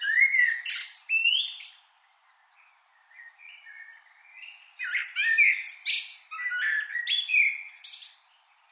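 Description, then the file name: Common blackbird song: loud squeaky twittering phrases at the start, a short silence, then a busy string of warbled and squeaky notes. "Turdus merula"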